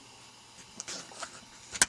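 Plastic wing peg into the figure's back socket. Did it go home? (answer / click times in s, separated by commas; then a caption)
yes / 0.8 s, 1.8 s. The hexagon-shaped plastic peg of an action figure's wings is turned in the socket on the figure's back until it locks into place at the right angles. Faint rubbing is followed by a small sharp click at 0.8 s and a louder, sharper click at 1.8 s. The wing peg is seated.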